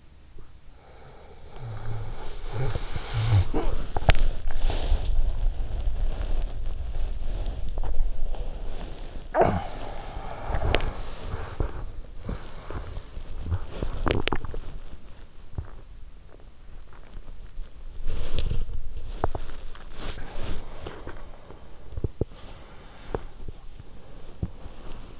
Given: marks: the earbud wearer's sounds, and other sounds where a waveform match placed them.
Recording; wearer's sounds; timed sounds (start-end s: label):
sounds in sleep by an in-ear microphone; snoring breath, body movement, talking in sleep, breath, swallowing
1.10-3.48 s: snoring breath
3.27-16.52 s: body movement
3.39-3.99 s: talking in sleep
9.28-10.03 s: talking in sleep
9.28-11.95 s: breath
12.11-15.04 s: snoring breath
13.52-14.62 s: swallowing
15.40-17.88 s: swallowing
17.48-23.57 s: body movement
18.96-21.48 s: swallowing
19.72-21.88 s: breath
22.08-25.20 s: breath